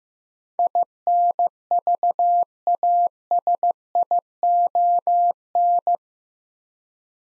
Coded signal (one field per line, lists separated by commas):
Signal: Morse code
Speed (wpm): 15 wpm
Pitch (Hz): 700 Hz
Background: none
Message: INVASION